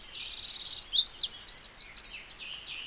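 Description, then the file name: Eurasian wren song fragment: a high buzzing trill, then a quick series of several loud, evenly spaced piercing notes. "Troglodytes troglodytes"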